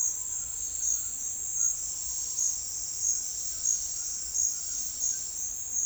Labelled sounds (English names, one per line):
none